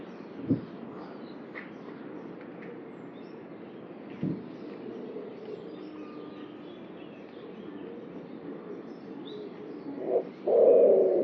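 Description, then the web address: Bird: quiet noisy background with a few soft knocks. At the end a bird starts a low coo: a short note, then a steady held tone. "cianscape birddata Deverinetal 2025 Bird Only"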